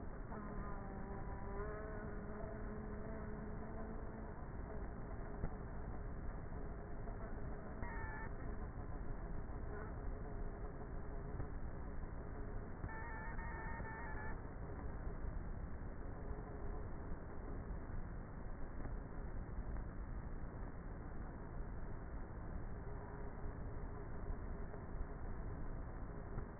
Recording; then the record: honeybee colony, microphone inside the hive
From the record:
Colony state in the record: queenless with a low population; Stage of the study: before two queens were removed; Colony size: about 30,000 bees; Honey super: no